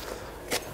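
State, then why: Not seated. A metal rail clip on a wheelchair tie-down strap for the Koller Engineering Nexxus 175 is handled and pushed down toward a vehicle floor track. Over a low steady background, a short, bright burst of handling noise is heard at about 0.5 s. The clip has not seated or clicked into the track yet.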